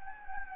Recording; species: mosquito wingbeat signal from an infrared sensor; Anopheles gambiae